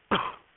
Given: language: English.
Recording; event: throat vibration sensor signal played as sound; cough